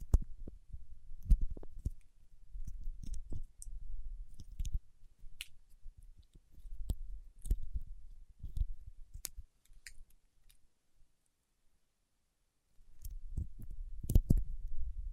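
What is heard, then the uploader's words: Fingertips move over wax, giving soft low rubbing under scattered sharp clicks and ticks that come every second or so. The sound thins out and falls silent from about 10.5 to 13 seconds, then dense rubbing and clicking return to the end. ASMR with Wax Fingertips for Sleep (No Talking).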